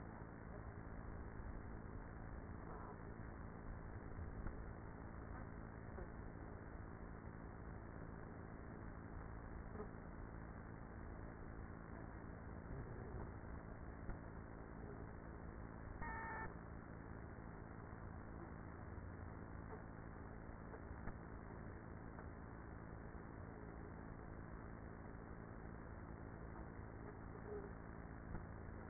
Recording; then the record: honeybee colony, microphone inside the hive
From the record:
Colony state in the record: queenless with a low population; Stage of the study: after two queens were removed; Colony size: about 30,000 bees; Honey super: no